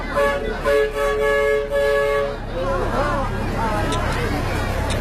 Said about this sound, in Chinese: 大概等了15分钟的时间，期待已久的小火车终于出现了。 好复古的一个火车啊。